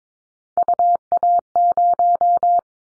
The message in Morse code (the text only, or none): UA0